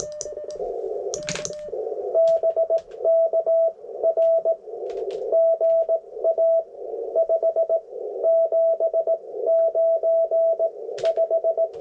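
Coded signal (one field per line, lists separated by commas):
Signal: Morse code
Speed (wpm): 18 wpm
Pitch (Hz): 660 Hz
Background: none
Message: BK R GA 579 5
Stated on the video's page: Morse from a Parks On The Air activation in a national forest, logged with a keyboard connected to a phone.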